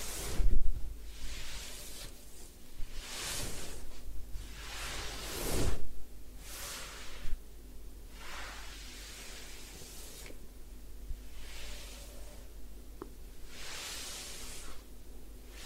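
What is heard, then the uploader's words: Hair wash and scalp massage: soft, hissing swishes of water and hands through hair come in repeated bright bursts about every one to two seconds, with quieter rubbing between. A steady low hum runs underneath, and a few sharper knocks land near the start and around six seconds. Head Spa Hair Wash, Massage, Ear Cleaning.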